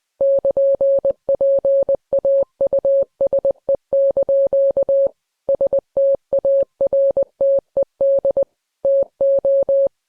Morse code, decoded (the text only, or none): <KN>PAUSE) STARTED TO